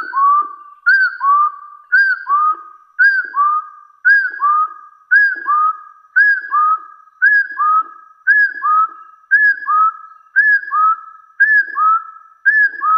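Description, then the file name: Hill partridge whistled calls: a clear two-note phrase, high falling note then lower rising note, repeated about once a second, steady and regular. "Tieng ga so nui"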